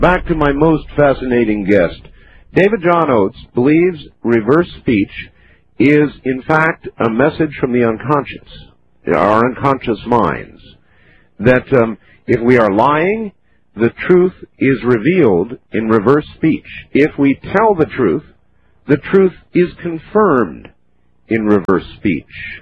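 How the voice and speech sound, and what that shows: A man speaks fluently in a clear, moderately low voice, introducing a guest on a radio talk show. Phrasing is even, with natural pauses between phrases and no repeats, blocks or hoarseness. This is typical adult speech.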